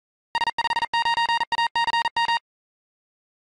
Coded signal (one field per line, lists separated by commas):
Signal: Morse code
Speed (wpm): 42 wpm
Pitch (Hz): 930 Hz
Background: none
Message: S59ACM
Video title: 15,359 point rufzxp